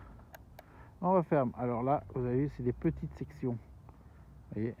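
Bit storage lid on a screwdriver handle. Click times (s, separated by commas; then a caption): 0.3 s, 0.6 s. Small clicks at 0.4 s and 0.6 s as the click mechanism on the plastic bit storage compartment in the handle of a Parkside screwdriver is pressed, and the lid clicks open. Someone then talks.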